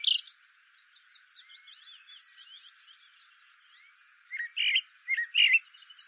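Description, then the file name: Common blackbird singing: a loud high squeak, then soft, faint twittering, then a few louder warbled whistles in a quick cluster toward the end. "Turdus merula"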